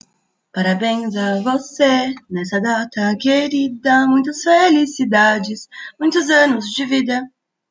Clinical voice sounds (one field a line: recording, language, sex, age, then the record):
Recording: short text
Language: Brazilian Portuguese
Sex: female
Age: 20 to 29 years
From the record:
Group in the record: control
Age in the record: 23 years